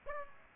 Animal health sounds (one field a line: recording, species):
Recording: mosquito wingbeat signal from an infrared sensor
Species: Aedes aegypti